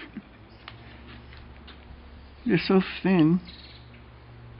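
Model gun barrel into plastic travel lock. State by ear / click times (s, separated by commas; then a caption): not seated / none. The gun barrel of a finished 1/35 scale Academy M12 GMC plastic model kit is set into its thin plastic travel lock, with faint small ticks early on and then someone talking. Nothing has clicked or seated; the travel lock is too thin to catch, so the barrel does not lock in and just rests there.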